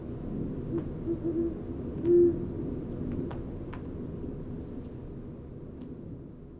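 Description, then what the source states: Great horned owl giving deep hoots: several short low notes followed by one stronger, drawn-out hoot, then quiet hiss broken by sharp snapping clicks. Calling for over an hour near west Dyke Marsh, about 2:20am Tuesday 16 February 2016; just above freezing, snow and ice falling off branches; Fostex FR-2, Sennheiser ME 62, Telinga parabola.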